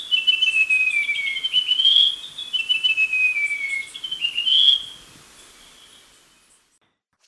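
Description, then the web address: Russet-crowned Warbler song: clear whistled phrases that slide downward and then swing back up, given twice in succession before fading into quiet. Recorded in Ecuador. "Birds of Ecuador. Russet-crowned Warbler"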